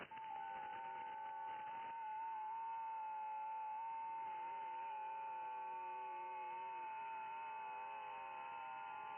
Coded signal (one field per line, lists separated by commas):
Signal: FT8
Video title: Can I Hear You? 28 MHz FT8 DX to Europe!